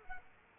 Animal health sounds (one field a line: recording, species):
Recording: mosquito wingbeat signal from an infrared sensor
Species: Culex quinquefasciatus